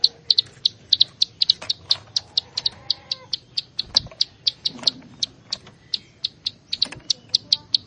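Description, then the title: Plain Prinia giving sharp, high repeated notes at an uneven pace. "Ciblek Sawah"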